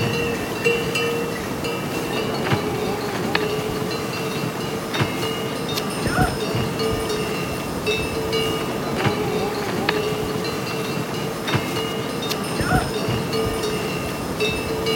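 Outdoors, a steady low rumble and rustle fill the scene, with a sustained mid-pitched tone running throughout, like a whistle or hum. Short clicks and knocks, possibly footsteps or hooves, land every second or two, with brighter sharp accents near six and thirteen seconds.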